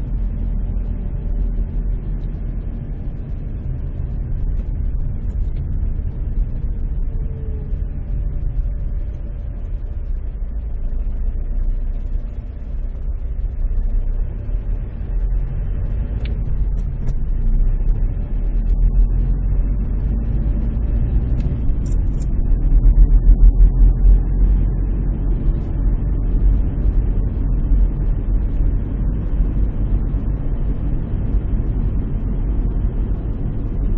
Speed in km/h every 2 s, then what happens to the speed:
19, 17, 16, 14, 8, 8, 7, 13, 17, 23, 29, 34, 37, 38, 39, 40, 40.
0-12 slows to 7. 12-22 speeds up to 34. 22-34 steady at about 38.